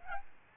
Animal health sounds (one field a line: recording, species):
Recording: mosquito wingbeat signal from an infrared sensor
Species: Aedes albopictus